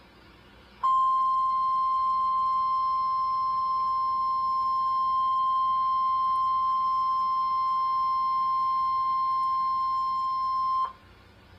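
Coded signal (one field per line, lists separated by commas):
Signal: Emergency Alert System (SAME) tones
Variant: 1050 Hz attention tone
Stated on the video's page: Tornado watch received on NOAA Weather Radio station on 162.475 MHz.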